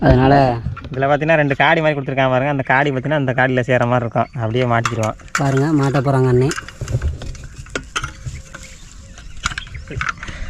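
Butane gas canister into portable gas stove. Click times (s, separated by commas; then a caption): 10.0 s. A metal butane gas canister is slotted into a portable camping stove by lining its two grooves up with the stove's notches and pressing it in. Someone talks through the first half, then a series of sharp metallic clicks and knocks follows, with the canister locking into place at 10.0 s, seated.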